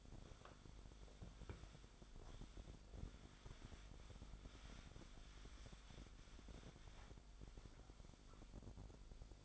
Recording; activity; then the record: daily activity, microphone in the room; wipe stove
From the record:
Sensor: 5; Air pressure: 1007.1 hPa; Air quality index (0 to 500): 173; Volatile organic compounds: 4 ppm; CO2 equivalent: 1659 ppm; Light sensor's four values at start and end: 54/150/59/59 and 52/145/57/58